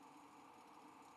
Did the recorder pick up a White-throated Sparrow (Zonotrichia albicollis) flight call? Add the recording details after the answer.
no. No flight call is heard. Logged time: 04:01 on 5 December 2014